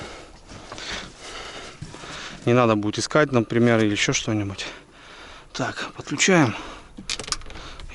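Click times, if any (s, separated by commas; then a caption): 7.3 s. A fuel hose quick-connector is pushed onto the fuel fitting of a new Mikatsu 9.8 outboard boat motor. Someone talks, then a sharp snap at 7.3 s shows the connector has seated.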